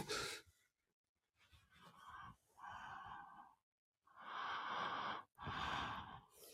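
A sleeping daughter snoring with a 'hanga hanga' sound, in irregular breathy bursts. She stayed home with a cough.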